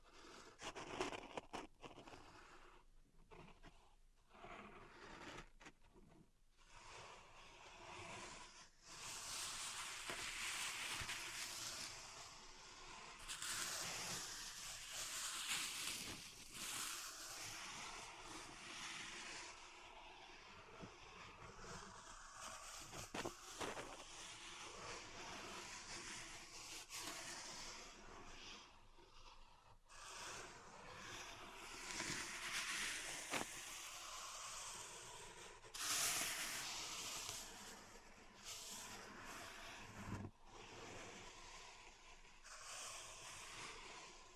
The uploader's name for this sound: Pink Salt Zen Garden Triggers